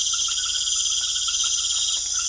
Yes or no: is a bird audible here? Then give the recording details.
no. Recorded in secondary vegetation near Puerto Asís, Putumayo, Colombia, on 27 June 2025. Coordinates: 0.488, -76.319. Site G094